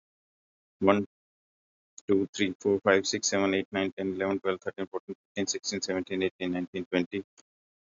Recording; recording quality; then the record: counting at a fast pace; excellent, no background noise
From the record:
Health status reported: healthy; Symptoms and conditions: none ticked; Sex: male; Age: 57 years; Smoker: not ticked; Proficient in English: yes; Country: India